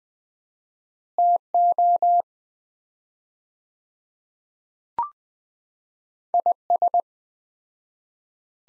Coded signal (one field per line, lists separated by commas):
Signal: Morse code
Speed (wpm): 20 wpm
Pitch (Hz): 700 Hz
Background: none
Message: TO IS